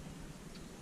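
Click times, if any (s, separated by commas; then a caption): none. A replacement primer bulb (purge pump) for an Echo CS-346 chainsaw is lined up by its plastic clips over its mount in the chainsaw housing. Only steady broadband noise with a low hum is heard, and nothing has seated or clicked yet.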